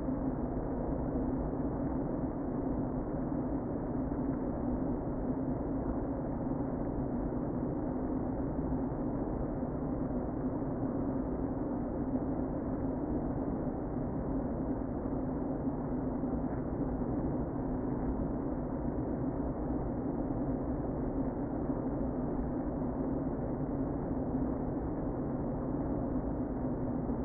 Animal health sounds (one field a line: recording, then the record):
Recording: honeybee colony, microphone inside the hive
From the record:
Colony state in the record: queen present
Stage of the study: before two queens were removed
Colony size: about 60,000 bees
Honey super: yes